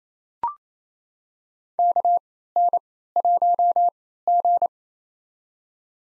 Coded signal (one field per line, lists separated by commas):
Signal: Morse code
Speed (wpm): 28 wpm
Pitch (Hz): 700 Hz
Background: none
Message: KN1G